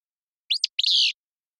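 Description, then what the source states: Willow flycatcher song: a sharp, buzzy two-part phrase, a quick first note followed by a longer burry syllable, on an otherwise silent background. Song a buzzy, sharp, staccato 'fitz-pew'; innate rather than learned from parents.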